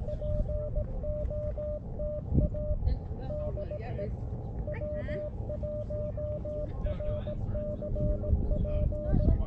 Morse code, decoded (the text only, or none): POTA DE W1RCP